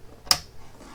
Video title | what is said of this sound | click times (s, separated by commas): Winegard Gateway - Worth it? | Hear the click. | 0.3 s